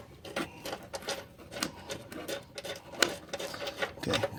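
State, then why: Seated. A second mounting clip for the bracket of an ICI Magnum RT 3-step running board is pushed into the frame of a 2015 Silverado 2500 pickup truck. Soft scraping and rubbing sounds with light taps build up until a sharp click at 3.0 s, when the clip seats and locks in.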